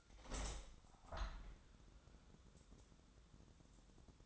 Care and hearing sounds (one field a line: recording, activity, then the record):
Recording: daily activity, microphone in the room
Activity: open window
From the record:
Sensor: 3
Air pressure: 1000.4 hPa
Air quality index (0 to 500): 158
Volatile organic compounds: 3 ppm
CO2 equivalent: 1368 ppm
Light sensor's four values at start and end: 13/34/13/15 and 14/36/14/16